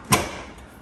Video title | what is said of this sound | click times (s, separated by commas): Warn 45 S UTV Install Part II | pops right in. | 0.1 s